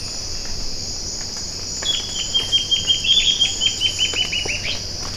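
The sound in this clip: Bird call series begins midway: many clipped high notes in fast succession, nearly steady in pitch, above constant insect buzzing.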